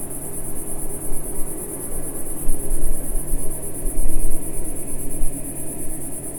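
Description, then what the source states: Cicada song, a continuous high buzz, while louder low thumps and rumbles come and go below it. Single cicada singing in early evening warmth in a garden with lavender and myrtle bushes, small village in Picardy, northern France.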